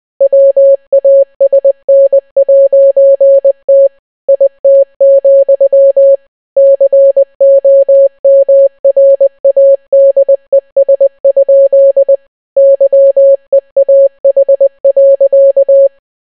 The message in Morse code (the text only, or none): WASN'T IT, COMRADES? YEAH.